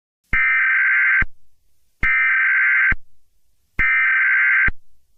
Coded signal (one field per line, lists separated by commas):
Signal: Emergency Alert System (SAME) tones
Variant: header bursts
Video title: EAS scenario: Celestial Threat - Evacuation and Beyond (read description)